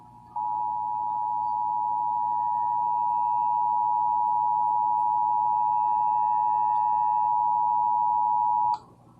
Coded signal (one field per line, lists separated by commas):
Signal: Emergency Alert System (SAME) tones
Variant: 853 and 960 Hz attention tone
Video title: EAS: Flash Flood Warning (7/6/19)(EAS #129)